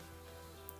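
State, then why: Seated. A plastic LED light housing on a GE refrigerator is pushed up into the fridge sidewall, with its side clips going up into the housing after some finagling. Over a steady low hum with tonal background music, a single short, sharp click sounds at 0.7 s as the housing seats into place.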